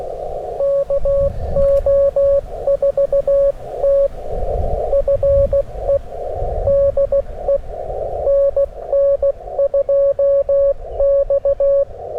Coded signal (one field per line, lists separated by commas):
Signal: Morse code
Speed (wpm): 15 wpm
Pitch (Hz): 560 Hz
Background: radio noise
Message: KO4TFE DE NN2X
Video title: STRAIGHT KEY, QRP Parks on the Air FUN @ US-3786 #qrp #straightkey #cw #parksontheair